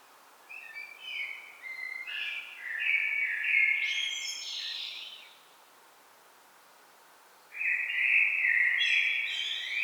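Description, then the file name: Common blackbird song: a long, warbled phrase climbing into high twitters, a pause of about two seconds, then another fluting phrase. "Turdus merula"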